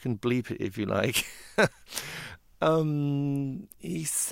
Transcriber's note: laughter